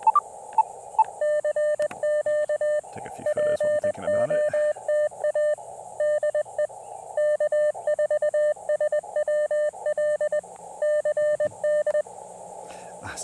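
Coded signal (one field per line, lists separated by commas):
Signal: Morse code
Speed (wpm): 21 wpm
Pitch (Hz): 600 Hz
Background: radio noise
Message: CQ POTA DE K4SWL CD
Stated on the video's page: QRP CW Parks on the Air activation at a state park using Elecraft KX2 with Bamatech TP-III paddle, Packtenna random wire antenna.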